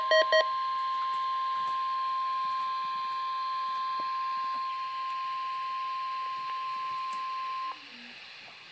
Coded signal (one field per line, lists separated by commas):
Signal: Emergency Alert System (SAME) tones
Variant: 1050 Hz attention tone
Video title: Required Weekly Test - EAS #96